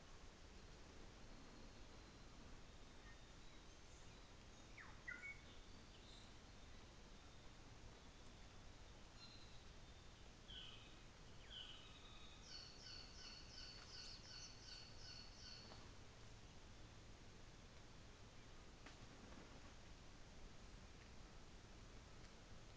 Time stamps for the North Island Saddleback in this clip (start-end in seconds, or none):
9.03-15.84